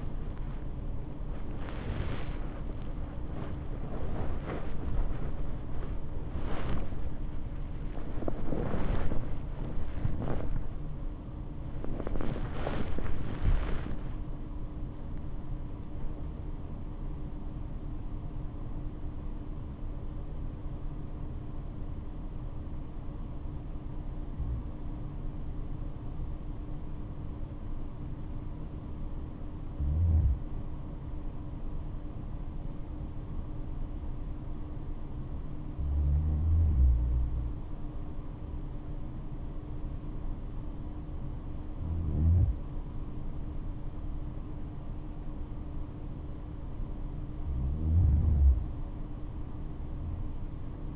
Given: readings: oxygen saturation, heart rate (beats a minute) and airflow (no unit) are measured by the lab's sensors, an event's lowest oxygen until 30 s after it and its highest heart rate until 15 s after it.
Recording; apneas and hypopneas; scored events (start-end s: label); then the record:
breathing in sleep by a smartphone at the bedside; 1
17.00-50.96 s: new sleep stage, N1 (lightest sleep)
24.00-40.50 s: hypopnea (N1, oxygen 98% highest, then 95% lowest, heart rate 76 at the start, 76 highest)
From the record:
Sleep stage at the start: REM sleep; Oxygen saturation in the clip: 96 to 98%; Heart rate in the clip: 64 to 90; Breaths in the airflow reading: 10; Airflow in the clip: -8.9 to 13.2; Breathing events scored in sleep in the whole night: 228 in 5.4 hours asleep